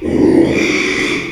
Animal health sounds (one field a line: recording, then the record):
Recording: squeal of a Yucatan mini pig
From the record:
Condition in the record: after surgery on the right vocal fold (resection and tissue-engineered implant)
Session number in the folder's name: 1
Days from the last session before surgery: 6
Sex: male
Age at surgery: 12 weeks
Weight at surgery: 13 kg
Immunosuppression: cyclosporine, prednisolone